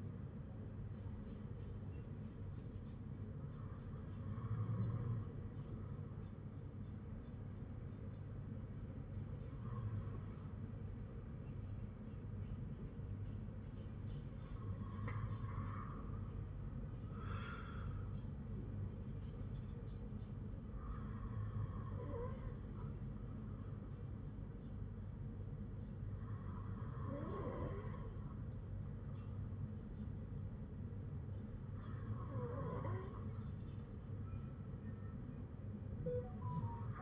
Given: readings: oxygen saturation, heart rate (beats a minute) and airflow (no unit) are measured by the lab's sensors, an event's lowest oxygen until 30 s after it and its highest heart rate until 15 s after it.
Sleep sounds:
breathing in sleep by a smartphone at the bedside; none
none scored
From the record:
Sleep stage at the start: N2 (light sleep); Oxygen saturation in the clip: 96 to 97%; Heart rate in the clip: 53 to 61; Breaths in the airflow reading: 6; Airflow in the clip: -4.4 to 4.8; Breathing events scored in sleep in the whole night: 182 in 7.4 hours asleep

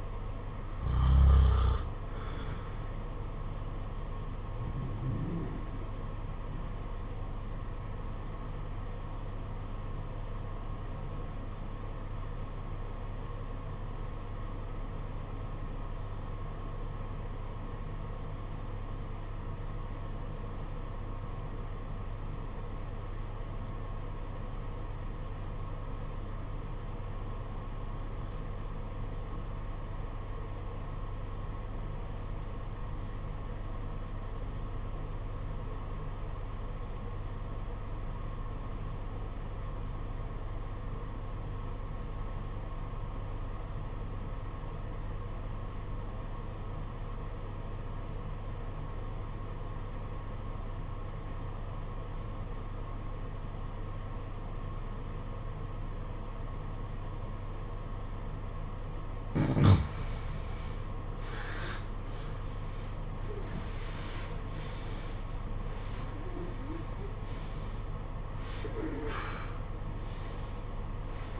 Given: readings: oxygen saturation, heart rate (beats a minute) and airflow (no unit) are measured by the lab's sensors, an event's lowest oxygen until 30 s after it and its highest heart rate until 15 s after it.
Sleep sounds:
breathing in sleep by a smartphone at the bedside; 1
8.00-60.00 s: obstructive apnea (REM, oxygen 96% highest, then 72% lowest, heart rate 55 at the start, 88 highest)
From the record:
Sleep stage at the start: REM sleep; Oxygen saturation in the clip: 74 to 96%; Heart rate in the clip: 53 to 88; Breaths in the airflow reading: 7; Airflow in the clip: -16.6 to 15.7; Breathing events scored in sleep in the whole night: 476 in 9.7 hours asleep

